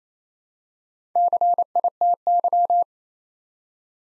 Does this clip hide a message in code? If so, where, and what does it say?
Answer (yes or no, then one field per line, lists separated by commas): yes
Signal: Morse code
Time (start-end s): 1.2-2.8 s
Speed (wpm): 29 wpm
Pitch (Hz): 700 Hz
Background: none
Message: CITY